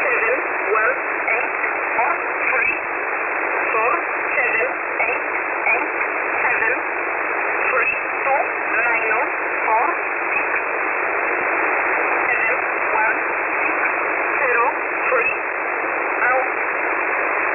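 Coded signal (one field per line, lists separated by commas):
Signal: numbers station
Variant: E11 Oblique, English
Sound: faint voice reading short, evenly spaced words, buried in heavy shortwave hiss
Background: radio static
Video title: 21 05 2021 Number station E11 Oblique in English to Eu 0827 on 4909 unknown tx site in USB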